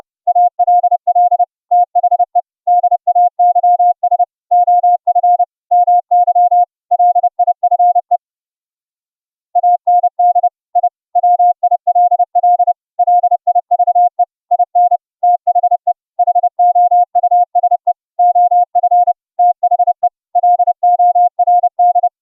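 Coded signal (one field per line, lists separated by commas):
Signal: Morse code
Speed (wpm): 30 wpm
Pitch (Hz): 710 Hz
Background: music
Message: ALL THE DAYS OF MY LIFE AND I WILL LIVE IN THE HOUSE OF THE LORD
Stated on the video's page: CW audio tones generated by FLdigi software and sent over the internet via UltraGrid with the OPUS codec at 64k.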